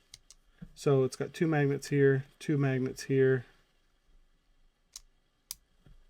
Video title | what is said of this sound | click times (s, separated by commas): Fusion 360 Tutorial: 3D-Printed Folding Utility Knife / PART 1 of 2 | or held together with a nice click so one click two clicks | 0.1 s, 0.3 s